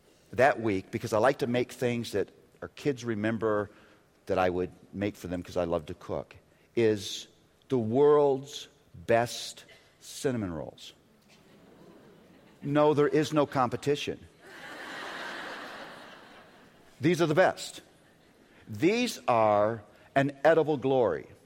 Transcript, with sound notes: that week, because I like to make things that our kids remember that I would make for them, because I love to cook, is the world’s best cinnamon rolls. No, there is no competition. (laughter) These are the best. These are an edible glory.